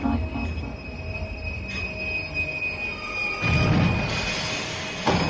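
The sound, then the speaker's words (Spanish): Line B subway train wheels in Buenos Aires squeal with steady high-pitched tones over a continuous low rumble of rolling cars, swelling louder in the last seconds with a brief sharp screech near the end. “la línea B de subte une La Tribu con la casona de Maipú y Corrientes”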